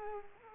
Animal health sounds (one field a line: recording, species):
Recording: mosquito wingbeat signal from an infrared sensor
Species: Culex pipiens